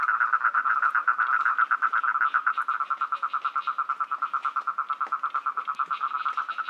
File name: Rhinella ornata